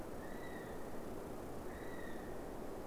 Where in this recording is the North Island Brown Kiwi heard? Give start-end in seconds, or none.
0.00-2.87